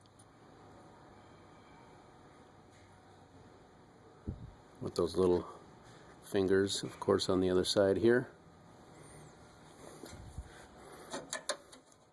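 During condenser reinstallation on a 2015 GMC Yukon, someone talks while the plastic retaining fingers on the other side of the condenser are pushed into the condenser or radiator support. Two sharp snaps are heard at 11.3 s and 11.5 s as the fingers click into place and the part is seated.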